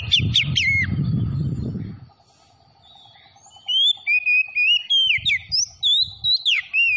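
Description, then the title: Oriental magpie-robin song: a brief loud opening, low rumbling noise, then a rapid run of whistled notes rising and falling in pitch. Tretes variety, singing vigorously (gacor). "Kacer Tretes Gacor"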